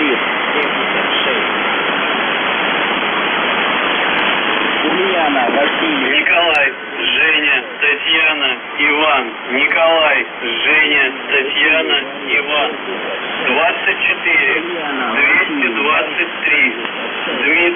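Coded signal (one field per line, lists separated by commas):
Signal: numbers station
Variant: UVB-76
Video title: Uvb 76/ The buzzer voice message January 6, 2022 11:46 UTC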